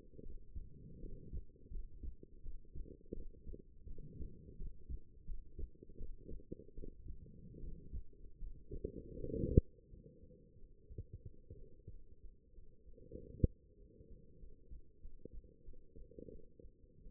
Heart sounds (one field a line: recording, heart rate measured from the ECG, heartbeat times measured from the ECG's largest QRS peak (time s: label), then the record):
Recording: heart sounds by stethoscope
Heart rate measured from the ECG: 86 bpm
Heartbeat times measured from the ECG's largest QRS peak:
0.21 s: heartbeat
0.99 s: heartbeat
1.70 s: heartbeat
2.41 s: heartbeat
3.12 s: heartbeat
3.86 s: heartbeat
4.56 s: heartbeat
5.24 s: heartbeat
5.96 s: heartbeat
6.74 s: heartbeat
7.59 s: heartbeat
8.37 s: heartbeat
9.14 s: heartbeat
9.88 s: heartbeat
10.56 s: heartbeat
11.23 s: heartbeat
11.89 s: heartbeat
12.53 s: heartbeat
13.16 s: heartbeat
13.77 s: heartbeat
14.39 s: heartbeat
15.00 s: heartbeat
15.64 s: heartbeat
16.30 s: heartbeat
17.02 s: heartbeat
From the record:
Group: healthy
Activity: rest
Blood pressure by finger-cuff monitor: 119/81 mmHg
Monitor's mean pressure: 97 mmHg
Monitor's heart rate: 84 bpm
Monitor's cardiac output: 6.7 L/min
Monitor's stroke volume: 80 mL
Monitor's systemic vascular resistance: 1040 dyn s/cm5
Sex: female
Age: 23 years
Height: 160 cm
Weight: 50.4 kg